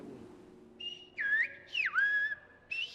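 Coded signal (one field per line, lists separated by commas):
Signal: whistled language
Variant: Silbo Gomero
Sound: clear gliding whistles, three short phrases with pitch dips and rises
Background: low background hum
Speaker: the whistle translates spoken words into the whistle language we are not whistling a code but we are whistling in Spanish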